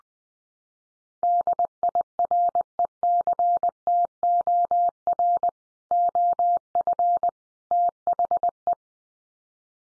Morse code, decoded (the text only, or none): DIRECTOR OF THE